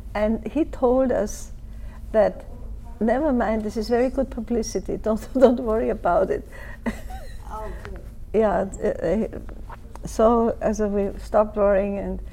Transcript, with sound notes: And he told us, "Never mind, this is very good publicity. Don't worry about it!" [Laughs]
Oh, dear!
Yeah, so we stopped worrying, and